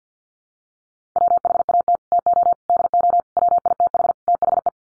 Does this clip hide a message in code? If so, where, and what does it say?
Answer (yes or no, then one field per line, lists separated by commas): yes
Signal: Morse code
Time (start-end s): 1.2-4.7 s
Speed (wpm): 50 wpm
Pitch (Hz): 700 Hz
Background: none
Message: WHAT TO DO WITH THE